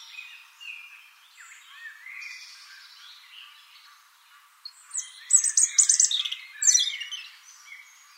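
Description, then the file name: European robin song, soft varied warbling that swells into loud, high, rapid trilling phrases separated by short pauses. "Erithacus rubecula"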